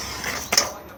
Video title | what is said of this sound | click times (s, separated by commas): 45870 Elddis 2021 Majestic 155 outside handover | again make sure it clicks and locks into place and | 0.5 s